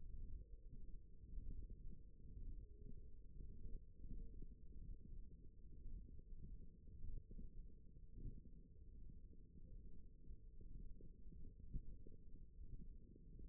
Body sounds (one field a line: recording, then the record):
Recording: forearm muscle sounds (acoustic myography)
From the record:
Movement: ulnar deviation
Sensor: system 1, eight BSWA MPA416 microphones around the upper forearm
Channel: 4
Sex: male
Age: 23 years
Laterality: right